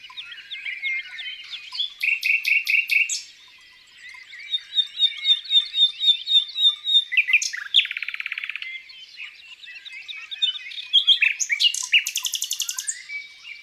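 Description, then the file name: Common nightingale singing several phrases: quick repeated strokes, a long run of evenly spaced notes, a buzzing rattle, then a final fast trill. Recorded in the countryside. "Rossignol philomele Chants doiseaux dans la campagne"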